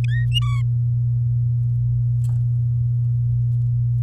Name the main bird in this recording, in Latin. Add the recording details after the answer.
Serinus canaria. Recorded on 6 May 2018 at 05:59. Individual llb16